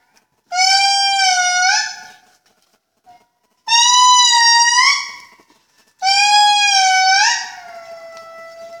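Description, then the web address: Indri wailing song: three long, loud, harmonic-rich notes, steady then bending upward at the end, separated by short pauses. Recorded in Andasibe, Madagascar, in 2013. "madagascar andasibe 2013 Calling of the Indri"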